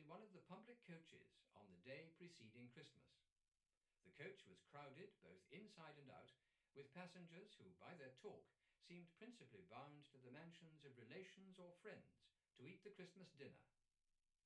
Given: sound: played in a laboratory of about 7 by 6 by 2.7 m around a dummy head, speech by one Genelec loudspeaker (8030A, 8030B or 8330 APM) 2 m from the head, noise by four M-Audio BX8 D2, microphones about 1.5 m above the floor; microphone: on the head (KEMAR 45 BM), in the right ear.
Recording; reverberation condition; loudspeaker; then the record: male speech in English; low; 30 degrees to the left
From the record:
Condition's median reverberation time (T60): about 310 ms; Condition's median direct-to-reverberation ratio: about 3.5 dB